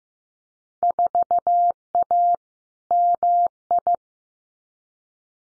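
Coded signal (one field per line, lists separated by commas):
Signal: Morse code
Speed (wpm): 15 wpm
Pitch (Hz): 700 Hz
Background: none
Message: 4A MI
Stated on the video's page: Head-copy drill of Field Day contest exchanges at 15 wpm, each sent in Morse, spoken, then sent again.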